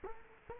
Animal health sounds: mosquito wingbeat signal from an infrared sensor; Culex quinquefasciatus

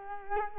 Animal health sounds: mosquito wingbeat signal from an infrared sensor; Culex quinquefasciatus

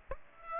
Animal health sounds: mosquito wingbeat signal from an infrared sensor; Aedes aegypti

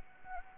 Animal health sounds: mosquito wingbeat signal from an infrared sensor; Anopheles gambiae

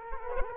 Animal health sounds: mosquito wingbeat signal from an infrared sensor; Culex quinquefasciatus

